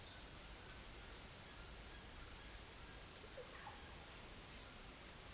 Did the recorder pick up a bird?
yes